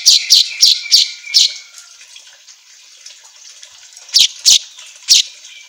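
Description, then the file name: Asian golden weaver calling with a series of sharp, dry chip notes, a quiet pause with faint wheezy chatter, then a few more loud chips. Indonesian 'auto gacor' style song for training songbirds. "Suara Kicau Manyar Kepala Emas Auto Gacor"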